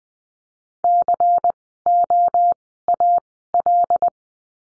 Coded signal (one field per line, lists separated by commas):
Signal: Morse code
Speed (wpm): 20 wpm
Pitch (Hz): 700 Hz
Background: none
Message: COAL